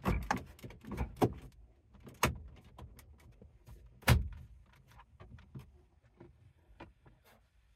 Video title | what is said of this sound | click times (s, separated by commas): SYNC 2 to SYNC 3 Upgrade - 2013 - 2015 Ford Flex | once everything's lined up properly it should snap into place you should not have to force it if you have to force it something is not lined up properly now | 0.3 s, 2.2 s, 4.1 s